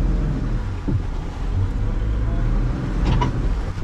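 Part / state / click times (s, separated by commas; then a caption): boat bow eye into trailer bow catch / seated / 3.2 s. A boat is driven forward onto its trailer over a steady low engine and wind rumble, and at 3.2 s the boat's bow eye engages the trailer's automatic bow catch with a short, sharp click. The catch is seated.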